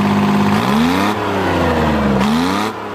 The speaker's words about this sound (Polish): rok 48, z silnikiem Detroit, dwusuwowy diesel, on jest pojemności 7 liter, no on szybko nie jedzie, bo to jest silnik wolnoobrotowy, mimo tego, że ryczy jak nie wiadomo co, jak czołg, ale on ma tylko 2000 obrotów, a spali, zależy ile mu się da gazu.